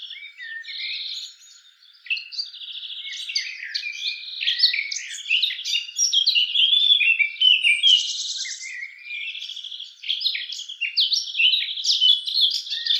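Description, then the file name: Eurasian blackcap song, a dense chatter of scratchy, buzzy and whistled notes, with a short pause near the start. "Sylvia atricapilla"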